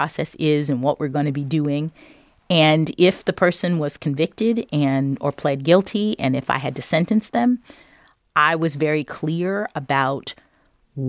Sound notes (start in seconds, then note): none